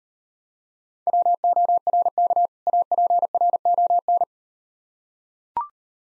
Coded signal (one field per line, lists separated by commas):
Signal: Morse code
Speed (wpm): 37 wpm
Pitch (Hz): 700 Hz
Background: none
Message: WORK APRON